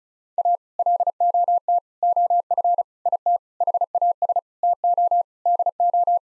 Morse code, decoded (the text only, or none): A LOT OF IT HAS TO DO